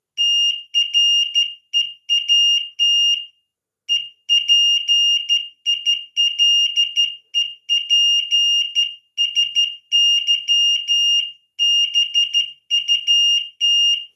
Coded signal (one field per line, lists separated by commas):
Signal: Morse code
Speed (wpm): 13 wpm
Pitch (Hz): 2850 Hz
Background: none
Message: TREAT EPILEPSY BUT